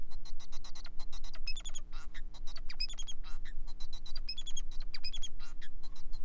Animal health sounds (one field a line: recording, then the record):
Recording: song of a male Bengalese finch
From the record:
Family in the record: son of father 4